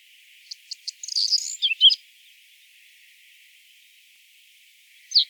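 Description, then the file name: Reed bunting gives one phrase of three or four thin notes leading into a rapid buzzy jumble, then silence and a single short note near the end; faint steady hiss behind. "Migliarino Di Palude"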